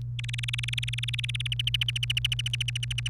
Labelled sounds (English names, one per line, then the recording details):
Domestic Canary song
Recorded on 28 April 2018 at 11:34
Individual llb3